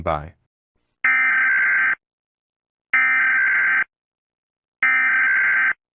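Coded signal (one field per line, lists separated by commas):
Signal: Emergency Alert System (SAME) tones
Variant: header bursts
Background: speech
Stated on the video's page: Fictional EAS scenario about a zombie virus, not a real alert.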